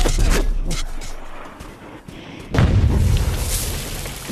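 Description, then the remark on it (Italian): A homemade rocket, launched from an improvised ramp in a garden in Cremona in the mist before dawn, rises a few metres and explodes with a sudden loud blast. A deep booming rumble lingers and slowly fades after a stretch of softer hissing and crackling. “Un'esplosione così nella quieta Cremona non la si sentiva da almeno una decina d'anni, dai bombardamenti della guerra.”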